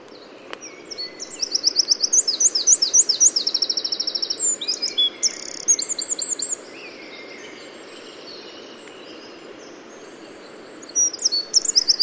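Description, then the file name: Eurasian wren singing a rapid, high, rattling trill for several seconds, followed by a pause of about four to five seconds and a short final burst of fast notes. "Troglodytes troglodytes"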